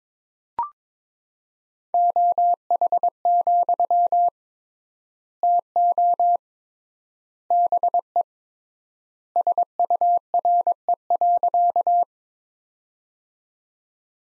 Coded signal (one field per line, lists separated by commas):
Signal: Morse code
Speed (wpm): 22 wpm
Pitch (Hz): 700 Hz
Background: none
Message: OH, TO BE SURE.